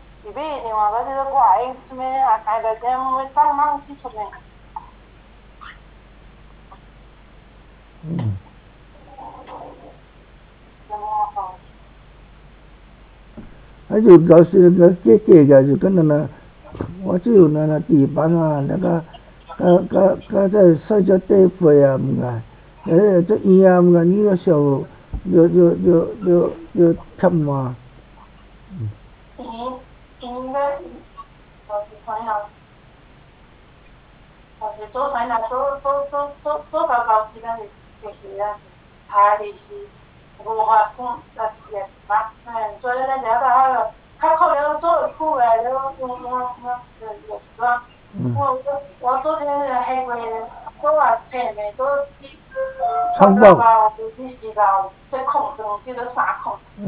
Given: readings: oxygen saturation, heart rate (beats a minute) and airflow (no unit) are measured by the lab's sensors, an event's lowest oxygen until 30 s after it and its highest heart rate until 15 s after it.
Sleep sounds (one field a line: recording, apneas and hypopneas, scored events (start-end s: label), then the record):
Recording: a person awake in a sleep study, by a voice recorder at the bedside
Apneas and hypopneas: none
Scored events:
0.00-56.88 s: awake
From the record:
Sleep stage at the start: awake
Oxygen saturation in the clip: 93 to 96%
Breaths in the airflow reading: 15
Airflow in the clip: -3.8 to 5.2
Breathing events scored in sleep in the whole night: 270 in 6.1 hours asleep